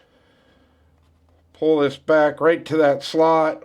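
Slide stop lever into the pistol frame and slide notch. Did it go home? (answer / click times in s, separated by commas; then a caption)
no / none. The steel slide of an EAA Girsan Match X 2311 pistol is eased forward and pulled back to line its notch up with the slot for the slide stop lever in the pistol frame, making only quiet handling noise with faint ticks near 1.0 s and 1.3 s. From about 1.6 s someone talks. Nothing has seated or clicked yet; the slide stop is still to be clicked in.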